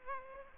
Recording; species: mosquito wingbeat signal from an infrared sensor; Aedes aegypti